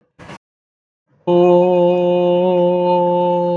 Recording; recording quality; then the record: sustained vowel as in boot; excellent, no background noise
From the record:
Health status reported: healthy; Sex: male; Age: 22 years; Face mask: not worn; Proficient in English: yes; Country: India